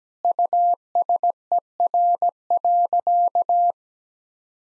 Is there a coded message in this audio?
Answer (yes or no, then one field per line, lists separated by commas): yes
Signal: Morse code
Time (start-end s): 0.2-3.7 s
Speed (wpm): 17 wpm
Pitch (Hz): 700 Hz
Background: none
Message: USER.